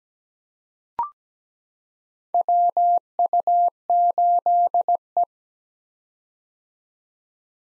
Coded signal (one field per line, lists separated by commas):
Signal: Morse code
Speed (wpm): 17 wpm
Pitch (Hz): 700 Hz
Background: none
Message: WU8E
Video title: 2023 POTA Hunter Call Signs - 17wpm